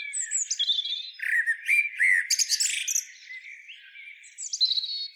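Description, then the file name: Common blackbird song: warbled phrases and loud squeaky twittering, with softer notes toward the end. "Turdus merula"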